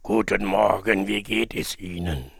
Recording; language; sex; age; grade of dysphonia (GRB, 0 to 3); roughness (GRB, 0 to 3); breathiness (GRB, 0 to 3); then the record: spoken sentence; German; male; 60 to 69 years; 3; 3; 2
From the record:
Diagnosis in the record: dysphonia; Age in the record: 60 years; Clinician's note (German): Bei Verdacht auf Leukoplakie, R2 H2 B2; 1. Aufn. prä OP, OP